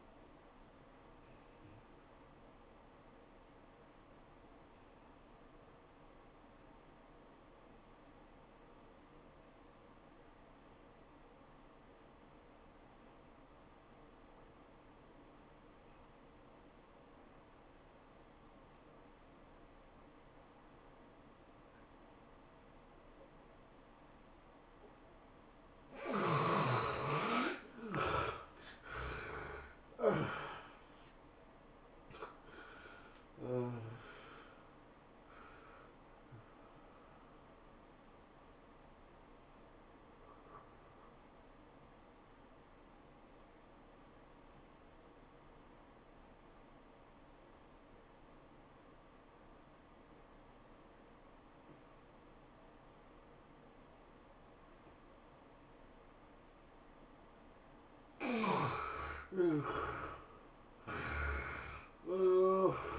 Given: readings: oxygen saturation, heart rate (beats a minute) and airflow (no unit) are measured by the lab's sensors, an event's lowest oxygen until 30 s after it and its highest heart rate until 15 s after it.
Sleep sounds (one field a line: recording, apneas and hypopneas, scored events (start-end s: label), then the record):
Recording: breathing in sleep by a voice recorder at the bedside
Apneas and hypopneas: 2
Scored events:
3.00-26.60 s: obstructive apnea (N2, oxygen 95% highest, then 67% lowest, heart rate 97 at the start, 111 highest)
25.00-62.99 s: new sleep stage, N1 (lightest sleep)
40.00-58.80 s: obstructive apnea (N1, oxygen 93% highest, then 75% lowest, heart rate 88 at the start, 105 highest)
From the record:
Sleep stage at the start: N2 (light sleep)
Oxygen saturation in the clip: 67 to 95%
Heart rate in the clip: 76 to 111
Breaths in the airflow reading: 8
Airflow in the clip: -19.8 to 16.9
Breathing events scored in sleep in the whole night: 403 in 5.5 hours asleep